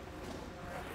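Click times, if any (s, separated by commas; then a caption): none. The small tensioner chain of a Titan Chain tire chain set on the dually wheels of a 2022 Ford F-450 Super Duty is handled and threaded through its red locking bracket before a firm tug. Only steady, low-level handling noise with no distinct impacts is heard. Nothing has seated or clicked yet.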